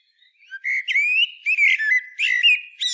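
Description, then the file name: Common blackbird singing a smooth, flowing phrase of low fluty whistles that bend up and down, broken by brief rasping squeaks. "Turdus merula"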